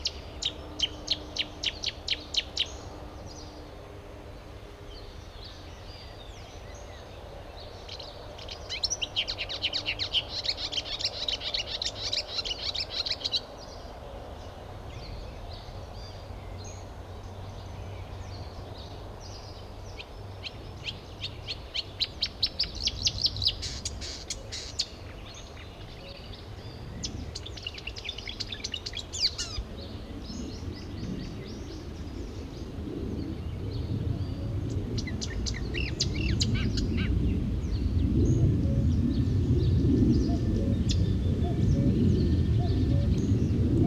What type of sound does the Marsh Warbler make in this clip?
song